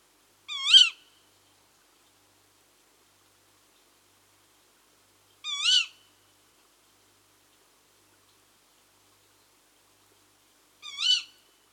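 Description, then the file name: Tawny owl giving three sharp, harsh ke-wick calls with a rising-falling inflection, spaced about five seconds apart, in otherwise silent surroundings. Female. "Waldkauzweibchen"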